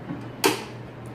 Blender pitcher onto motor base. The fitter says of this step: click in place